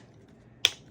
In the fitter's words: and snap it all in.